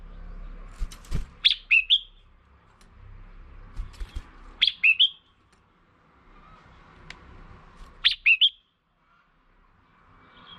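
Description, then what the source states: Red-whiskered bulbul calls in three short phrases of two or three chirpy, wavering notes spaced about three seconds apart, with faint clicks and knocks between. Female bird.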